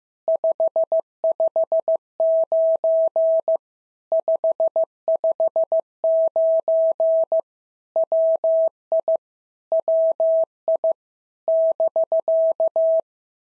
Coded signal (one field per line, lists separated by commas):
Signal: Morse code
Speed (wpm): 15 wpm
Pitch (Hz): 650 Hz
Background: none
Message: 559 559 WI WI <BK>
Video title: POTA QSO Practice - 15wpm